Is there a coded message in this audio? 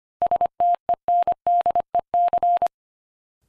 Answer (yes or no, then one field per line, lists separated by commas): yes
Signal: Morse code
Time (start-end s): 0.2-2.7 s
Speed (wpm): 25 wpm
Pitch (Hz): 700 Hz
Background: none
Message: STENDEC